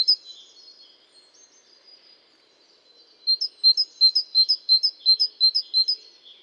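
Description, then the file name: Great tit with quiet scratchy notes, then a bright, even series of high two-note phrases at about three per second. "Parus major"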